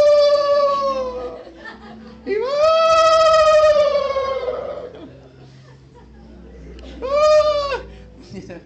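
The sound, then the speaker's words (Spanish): A man praying at home, his voice mimicking a wailing ambulance siren with long, rising and falling high-pitched tones in loud bursts, broken by a quieter pause, then one shorter wail near the end. “Me los ponen a orar en la casa y empiezan, voy a orar en mi casa, y parece una ambulancia, hermano.”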